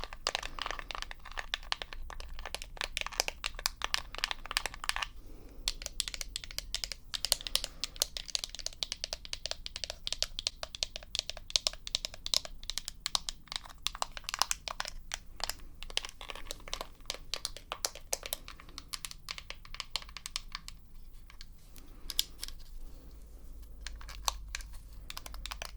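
Rapid tapping and scratching sounds fill nearly the whole clip, dense clicks and crisp crinkly strokes with bright edges. The activity thins briefly around five seconds and again near eighteen and twenty-one seconds, while a low steady hum runs underneath throughout.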